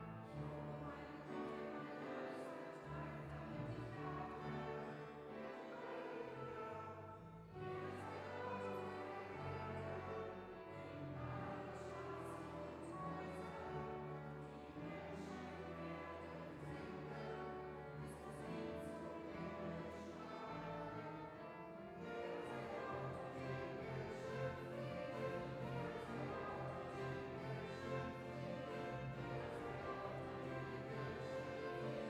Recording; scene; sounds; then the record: everyday scene through a hearing-aid microphone; reverberant space; music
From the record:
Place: church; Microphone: behind the ear, left, rear